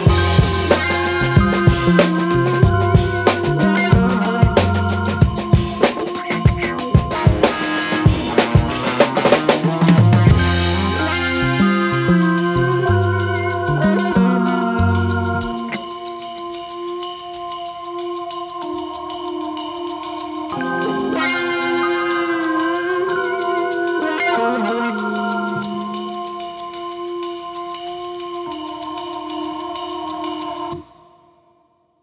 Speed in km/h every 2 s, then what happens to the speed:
85, 85, 85, 87, 85, 85, 85, 87, 87, 87, 88, 88, 90, 90, 90, 92.
0-32 steady at about 87.